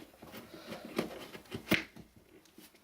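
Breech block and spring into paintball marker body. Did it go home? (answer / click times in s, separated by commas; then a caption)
yes / 1.7 s. A breech block with its spring is pushed over the bolt stopper inside a Tippmann TPX paintball marker body half. After some handling noise and a sharp tap at 1.0 s, the assembly clicks into place at 1.7 s and is seated fine.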